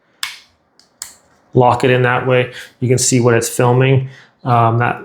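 A DJI Osmo Nano mini action camera module is turned to face the other way and clipped into its clip-on flip-screen viewing housing. Two sharp snap clicks are heard at 0.2 s and 1.0 s as it locks into place, with a faint tick in between, followed by someone talking. The camera is seated and locked in the dock.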